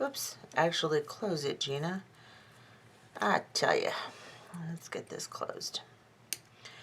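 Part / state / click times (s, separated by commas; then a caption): metal jump ring closing on a beaded charm loop / seated / 6.3 s. Someone talks while squeezing a metal wire jump ring shut with pliers to attach a looped bead charm. A short, sharp snap is heard at 6.3 seconds as the ring's ends meet and it closes.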